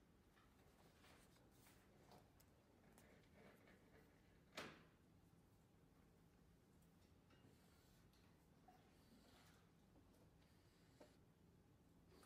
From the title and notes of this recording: Glasgow library. (university of glasgow).